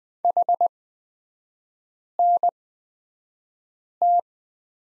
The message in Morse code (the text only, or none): HNT